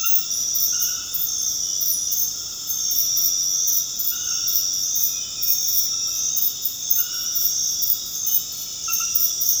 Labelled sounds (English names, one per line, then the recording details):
none
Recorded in dense forest near Puerto Asís, Putumayo, Colombia, on 8 March 2025 at 22:30
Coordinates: 0.486, -76.317
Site G053